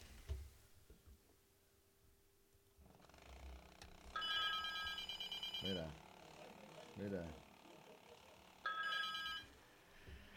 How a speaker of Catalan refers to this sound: I és que aquest telèfon no para, eh?